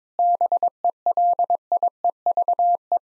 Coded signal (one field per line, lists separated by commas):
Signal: Morse code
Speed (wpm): 22 wpm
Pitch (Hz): 700 Hz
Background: none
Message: BELIEVE